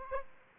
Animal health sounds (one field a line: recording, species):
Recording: mosquito wingbeat signal from an infrared sensor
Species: Aedes aegypti